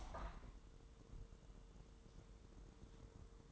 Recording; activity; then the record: daily activity, microphone in the room; open window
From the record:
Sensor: 3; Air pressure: 1000.2 hPa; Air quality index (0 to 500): 236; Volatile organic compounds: 125 ppm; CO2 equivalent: 3901 ppm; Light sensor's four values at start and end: 10/23/9/9 and 10/24/10/9